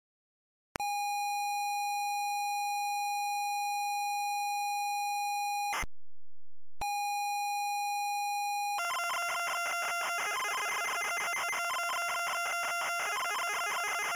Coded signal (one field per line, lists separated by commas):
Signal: ZX Spectrum tape loading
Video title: Vegeta (Dragon Ball Z) - Loading screen (ZX Spectrum)